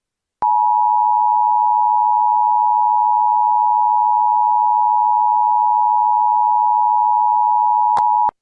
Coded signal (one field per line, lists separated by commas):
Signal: Emergency Alert System (SAME) tones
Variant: 853 and 960 Hz attention tone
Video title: EAS Scenario Special - McVanc2020: The Crimson Girl